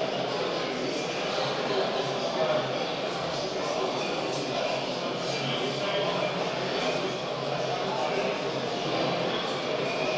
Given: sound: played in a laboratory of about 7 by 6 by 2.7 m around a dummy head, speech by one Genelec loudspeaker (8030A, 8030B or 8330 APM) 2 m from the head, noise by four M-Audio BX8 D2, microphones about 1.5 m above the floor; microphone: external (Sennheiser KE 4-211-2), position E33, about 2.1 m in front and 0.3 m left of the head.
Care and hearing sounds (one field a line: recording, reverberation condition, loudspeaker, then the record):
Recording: cafeteria noise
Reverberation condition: high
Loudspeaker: four, about 170 cm from the corners of the room and facing them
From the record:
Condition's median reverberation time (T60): about 1300 ms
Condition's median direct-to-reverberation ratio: about -4.0 dB